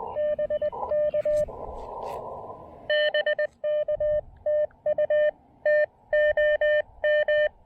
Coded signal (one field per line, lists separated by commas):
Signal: Morse code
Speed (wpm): 20 wpm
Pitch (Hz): 590 Hz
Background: radio noise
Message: BK BK TU TOM